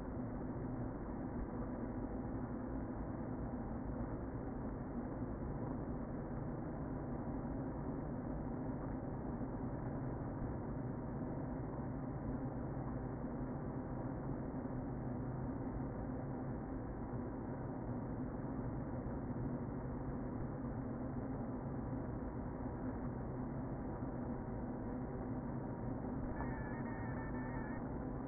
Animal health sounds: honeybee colony, microphone inside the hive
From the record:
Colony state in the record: queen present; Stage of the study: before two queens were removed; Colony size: about 60,000 bees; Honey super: yes

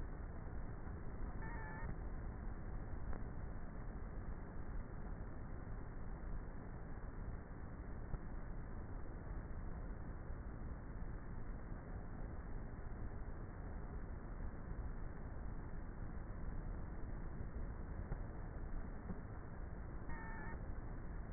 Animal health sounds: honeybee colony, microphone inside the hive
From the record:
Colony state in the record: queenless with a low population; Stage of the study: before two queens were removed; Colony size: about 30,000 bees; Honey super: no

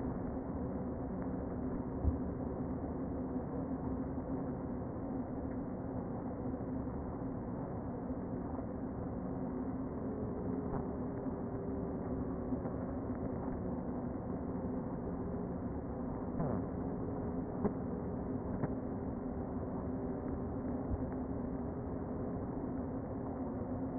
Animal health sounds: honeybee colony, microphone inside the hive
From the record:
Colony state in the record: queen present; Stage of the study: before two queens were removed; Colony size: about 60,000 bees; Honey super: yes

